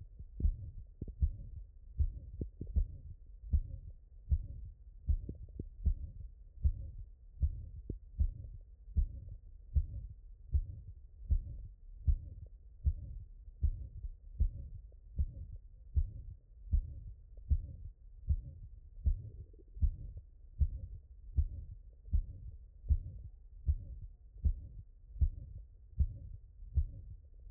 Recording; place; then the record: heart sounds by stethoscope; tricuspid valve (TV)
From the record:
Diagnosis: non-HFrEF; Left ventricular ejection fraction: 61%